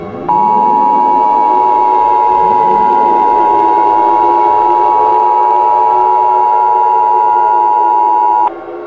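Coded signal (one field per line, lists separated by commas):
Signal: Emergency Alert System (SAME) tones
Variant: 853 and 960 Hz attention tone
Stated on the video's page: Mock EAS alert, not a real broadcast.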